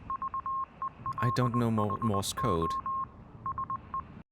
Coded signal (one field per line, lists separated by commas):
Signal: Morse code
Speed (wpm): 20 wpm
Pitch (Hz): 1070 Hz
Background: speech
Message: VELHO SE